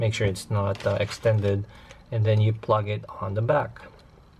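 A mantle assembly is handled as it is about to be plugged onto the back of a metal Metal Robot Damashii Knight Gundam (Real Type ver.) figure while someone talks throughout. Nothing has seated or clicked yet by the end of the clip.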